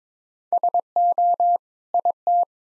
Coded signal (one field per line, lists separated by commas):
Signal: Morse code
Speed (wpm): 22 wpm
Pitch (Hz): 700 Hz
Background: none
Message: SO IT